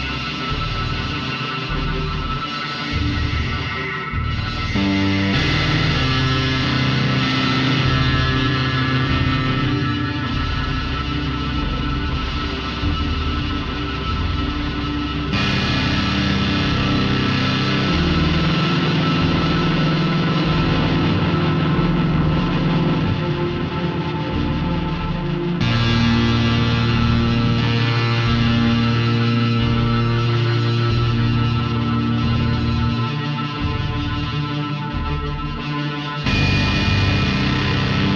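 Computer-made music with synthesizers and organ-like tones holds thick, sustained chords at a steady, loud level throughout. A low bass pulses underneath in uneven beats. The texture shifts to new chords or layers near 5, 15, 25 and 36 seconds.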